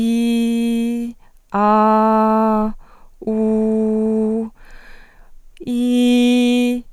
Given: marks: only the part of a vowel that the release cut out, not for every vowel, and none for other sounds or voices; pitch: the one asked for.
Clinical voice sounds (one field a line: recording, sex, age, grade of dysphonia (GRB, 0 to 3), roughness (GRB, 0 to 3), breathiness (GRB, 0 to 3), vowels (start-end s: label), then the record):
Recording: sustained vowels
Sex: female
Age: 20 to 29 years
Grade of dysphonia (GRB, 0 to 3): 0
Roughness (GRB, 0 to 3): 0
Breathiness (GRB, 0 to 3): 0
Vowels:
0.00-0.91 s: vowel /i/, normal pitch
1.65-2.54 s: vowel /a/, normal pitch
3.36-4.24 s: vowel /u/, normal pitch
5.83-6.64 s: vowel /i/, high pitch
From the record:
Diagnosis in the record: healthy voice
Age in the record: 21 years